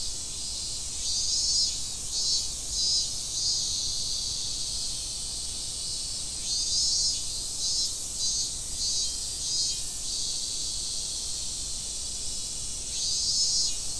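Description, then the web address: Cicada song: an unbroken high electric drone with several bursts of rapid pulsed buzzing that rise and fall in loudness, with low background rumble throughout. Recorded in Fukushima, Japan, on 30 July 2015. "fukudai fu cicadda"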